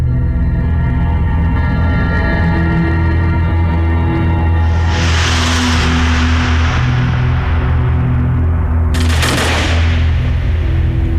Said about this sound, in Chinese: 枪声响过，数名犹太人倒下，然后是更多的犹太人被驱赶着奔赴死亡。